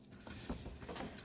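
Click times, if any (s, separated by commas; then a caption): none. The plastic air filter housing cover of a 2011-2023 Chrysler 300 is being refitted onto the car's air box, with its tabs slid at an angle under the housing edge. Light plastic patter and rustling are heard, with a brief knock at 0.3 s. The cover is still being handled and nothing has seated or clicked yet.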